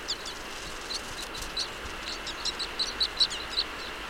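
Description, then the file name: Red crossbill flight calls: faint, brief high chips, irregular at first, then a tighter run of five toward the end, with soft rustling hiss beneath. Call type E; flight calls. "Red Crossbill Type E 04-FCs"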